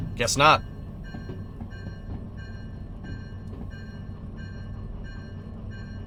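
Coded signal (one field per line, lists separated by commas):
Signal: none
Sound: game stream background beeps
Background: speech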